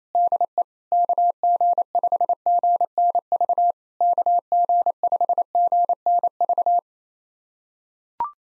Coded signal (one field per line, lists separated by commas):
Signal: Morse code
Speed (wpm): 28 wpm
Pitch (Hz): 700 Hz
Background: none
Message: DE KG5GNV KG5GNV